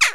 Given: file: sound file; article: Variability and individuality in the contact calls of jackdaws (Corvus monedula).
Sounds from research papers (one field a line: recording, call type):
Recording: jackdaw call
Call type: harmonic